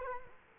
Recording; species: mosquito wingbeat signal from an infrared sensor; Culex quinquefasciatus